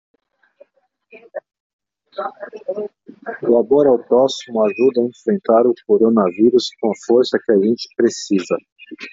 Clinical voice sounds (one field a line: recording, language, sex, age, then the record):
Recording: spoken sentence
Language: Brazilian Portuguese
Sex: male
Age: 40 to 49 years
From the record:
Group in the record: control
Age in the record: 40 years